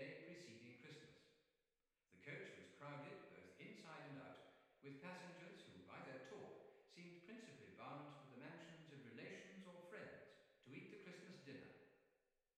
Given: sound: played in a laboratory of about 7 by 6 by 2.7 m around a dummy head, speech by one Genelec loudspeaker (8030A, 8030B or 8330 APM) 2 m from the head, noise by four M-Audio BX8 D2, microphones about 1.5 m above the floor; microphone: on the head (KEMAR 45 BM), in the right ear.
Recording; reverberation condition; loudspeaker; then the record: male speech in English; high; behind (180 degrees)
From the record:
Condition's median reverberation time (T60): about 1300 ms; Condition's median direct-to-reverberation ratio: about -4.0 dB